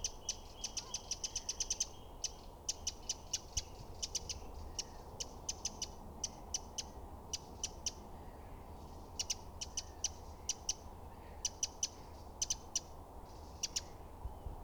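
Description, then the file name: Eurasian wren calling in short, fast clicking rattles separated by brief pauses, with a steady low hiss throughout. "Troglodytes troglodytes"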